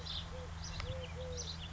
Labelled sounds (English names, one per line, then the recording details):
Eurasian Collared Dove
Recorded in Sonoma County, California